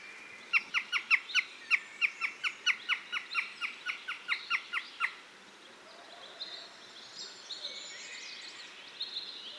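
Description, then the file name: Eurasian jay giving a rapid series of many harsh, clicking notes over several seconds, then fainter scratchy calls. "Garrulus glandarius"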